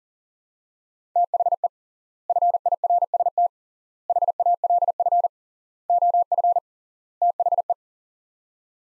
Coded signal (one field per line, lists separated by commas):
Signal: Morse code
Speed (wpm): 40 wpm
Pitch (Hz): 700 Hz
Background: none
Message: THE FIRST HALF OF THE